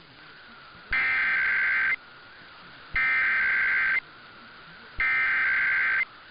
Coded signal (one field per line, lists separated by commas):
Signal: Emergency Alert System (SAME) tones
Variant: header bursts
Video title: [EAS #1928-#1943] Part 2 of Testing Mania Week (12/06/22 -12/08/22)